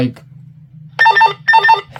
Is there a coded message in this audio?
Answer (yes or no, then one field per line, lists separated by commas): no